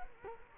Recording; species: mosquito wingbeat signal from an infrared sensor; Culex quinquefasciatus